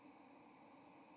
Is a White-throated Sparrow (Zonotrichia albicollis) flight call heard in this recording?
no